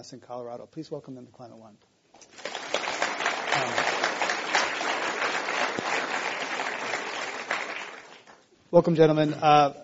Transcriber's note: applause